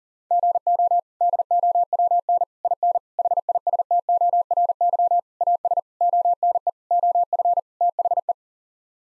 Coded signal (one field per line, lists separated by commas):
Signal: Morse code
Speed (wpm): 40 wpm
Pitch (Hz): 700 Hz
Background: none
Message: GO DOWN IN HISTORY AS ONE OF THE